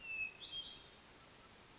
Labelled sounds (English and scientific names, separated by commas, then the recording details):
Hermit Thrush (Catharus guttatus)
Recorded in Sonoma County, California